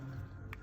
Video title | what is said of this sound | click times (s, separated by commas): Suzuki key battery replacement - Vitara/ Swift/ Alto | There's only one position that you can place it in, and it clicks back into position. | 0.5 s